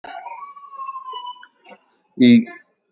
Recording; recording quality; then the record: sustained vowel as in beet; moderate, slight background noise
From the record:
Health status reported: healthy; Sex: male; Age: 31 years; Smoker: yes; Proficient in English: yes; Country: India